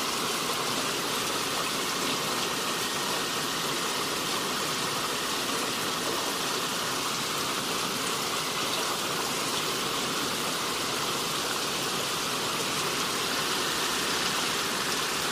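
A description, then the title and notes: Steady rain falls without pause, a dense, even hiss of countless drops that stays bright and constant from start to finish. The sound is full, with a faint rushing quality like running water underneath and no separate events standing out. Relaxing Rain Sounds & Forest Ambience.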